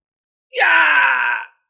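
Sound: anguished wailing scream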